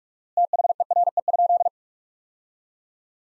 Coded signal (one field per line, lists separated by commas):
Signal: Morse code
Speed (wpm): 41 wpm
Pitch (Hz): 700 Hz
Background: none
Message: THERE?